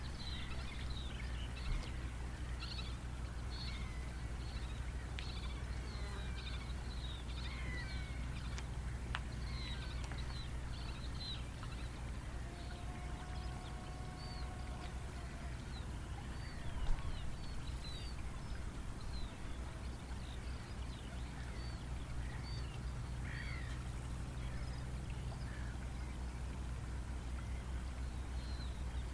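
Birds chirp and twitter throughout over a steady low rumble, with many short bright calls scattered across the whole stretch. Around the middle a brief tonal call stands out, and a single sharp tap lands near the seventeen-second mark.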